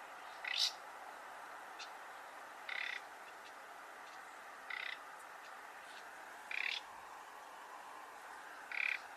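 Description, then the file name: Common nightingale repeating a short, harsh rasping call roughly every two seconds, five in all, over a steady noisy background. "Luscinia megarhynchos"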